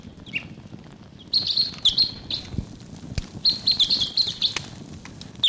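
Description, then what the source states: Red Crossbill calls: sharp, clipped chip notes in quick irregular series, in two bursts, over low background noise. Decoy bird number 749 calling while the decoys are excited; October 11th, about 1:55 p.m., Barfoot Park.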